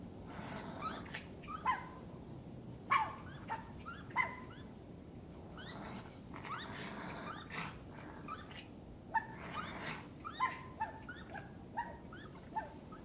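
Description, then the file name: Raccoon chittering: short, high twittering notes and clicks come in irregular bursts over a steady background hiss. "Wildbruecke Welche Geraeusche macht der Waschbaer"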